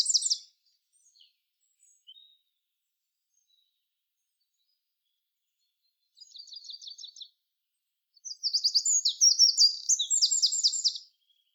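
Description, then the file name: Eurasian wren song: a brief loud trill at the start, scattered faint notes, a softer rattling trill, then a full, rapid, high warbling song with trills. "Troglodytes troglodytes"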